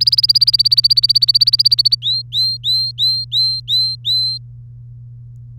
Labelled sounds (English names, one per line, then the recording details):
Domestic Canary song
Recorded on 3 May 2018 at 11:48
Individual llb3